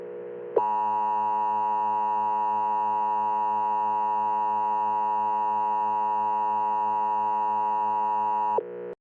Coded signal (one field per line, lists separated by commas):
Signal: Emergency Alert System (SAME) tones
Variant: 853 and 960 Hz attention tone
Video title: (EAS SCENARIO) THE POOP MONSTER. MADE BY ME.